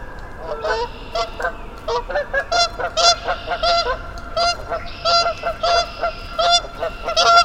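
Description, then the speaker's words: Goose honking, several birds calling back and forth with short, nasal, harmonic honks in irregular rapid bursts. Geese on the frozen pond at Mud Pond nature refuge near Vermont home, after companions arrived from the south; about 15 minutes of goose conversation before flying on; parabolic microphone. "After about 15 minutes of goose conversation, they flew on to their destination"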